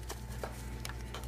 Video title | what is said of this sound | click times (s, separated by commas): Mercedes M112 M113 MAP Sensor & Vacuum Hose Replace, Change Over Valve Hose Replacement (W163 ML500) | so give it oh it just snapped there | 0.8 s